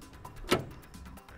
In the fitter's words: line up the two holes and simply drop into place you'll hear a snap when the plate is secured